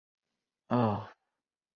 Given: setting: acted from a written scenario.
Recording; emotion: vocal sound without words; shame